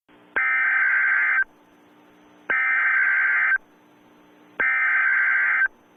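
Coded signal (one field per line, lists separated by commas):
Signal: Emergency Alert System (SAME) tones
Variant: header bursts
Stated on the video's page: Fictional EAS scenario inspired by a creepypasta game.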